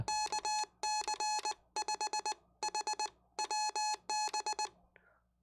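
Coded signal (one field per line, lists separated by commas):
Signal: Morse code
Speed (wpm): 20 wpm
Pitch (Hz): 850 Hz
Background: none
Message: KC5HWB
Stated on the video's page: CW practice during a live stream.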